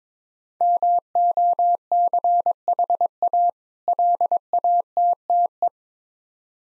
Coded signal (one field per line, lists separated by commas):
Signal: Morse code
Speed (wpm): 21 wpm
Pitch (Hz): 700 Hz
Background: none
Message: MOCHA LATTE